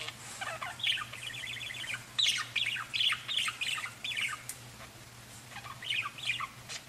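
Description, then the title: Budgerigar warbling chatter, a run of quick chirps and scratchy notes in short phrases, over a constant low hum. "Budgie Sounds"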